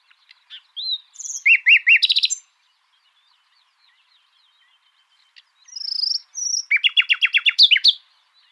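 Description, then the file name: Common nightingale singing two rich phrases, each building into fast, loud, repeated notes, separated by a few seconds of silence. "Luscinia megarhynchos"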